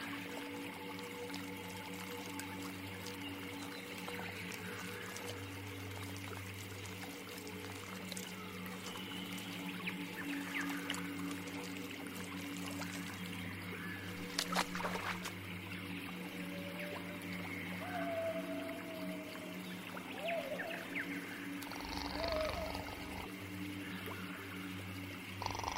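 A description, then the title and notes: A dense, steady alien forest ambience built from layered low drones and humming tones that hold throughout. Warbling, whale-like calls and watery gurgles drift in and out, with a few sharp clicks and a brighter swooping sound around the middle. Alien forest ASMR ambience. Sci-fi drone ambience.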